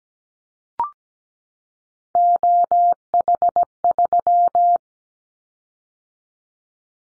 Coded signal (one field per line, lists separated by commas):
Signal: Morse code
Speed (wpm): 17 wpm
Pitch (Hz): 700 Hz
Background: none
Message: OH3